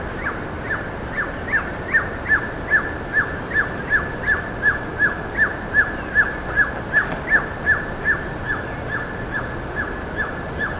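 Bird calling in a long, regular series of quick downslurred whistles, two to three per second, keeping an even pace throughout against a quiet background.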